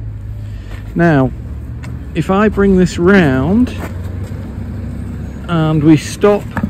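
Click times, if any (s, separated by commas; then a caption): none. The adjustable arm of an electric gate opener motor is being swung round toward its stop while someone talks over a low, steady background hum. The arm is still being handled, and nothing has clicked into place at its maximum position yet.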